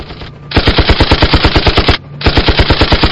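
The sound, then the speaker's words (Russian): Two long, loud bursts of rapid machine gun fire from three helicopters shooting at the approach to a burning warehouse, each burst made of fast evenly spaced shots, separated by a brief pause and set over a steady background hiss; no one speaks. “Они взяли на прицел подступ к горящему складу и молотили из пулеметов по всему, что движется.”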